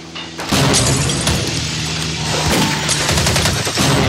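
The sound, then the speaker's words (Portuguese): A loud, rapid burst of gunfire rattles almost nonstop for several seconds, a dense crackling clatter over a steady low hum, with no voices. “Sentiu uma pá, tiro nas costas, atentado.”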